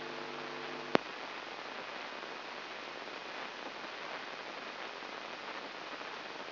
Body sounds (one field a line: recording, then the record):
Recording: brain microelectrode recording played as sound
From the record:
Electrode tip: inside the subthalamic nucleus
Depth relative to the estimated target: -1.5 mm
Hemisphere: left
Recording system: AlphaMap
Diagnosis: Parkinson's disease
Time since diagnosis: 14 years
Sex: female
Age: 63 years